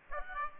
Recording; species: mosquito wingbeat signal from an infrared sensor; Aedes aegypti